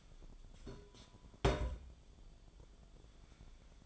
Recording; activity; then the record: daily activity, microphone in the room; place on stove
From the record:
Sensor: 5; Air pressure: 1010.0 hPa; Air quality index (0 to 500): 150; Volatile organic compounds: 3 ppm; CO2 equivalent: 1463 ppm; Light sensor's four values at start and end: 241/590/251/274 and 244/591/253/278